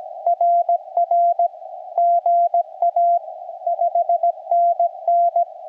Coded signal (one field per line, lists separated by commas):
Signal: Morse code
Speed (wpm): 18 wpm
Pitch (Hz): 700 Hz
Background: radio noise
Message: RR GA 5NN